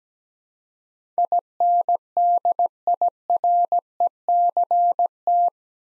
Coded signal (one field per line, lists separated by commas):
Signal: Morse code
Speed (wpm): 17 wpm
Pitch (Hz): 700 Hz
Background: none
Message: INDIRECT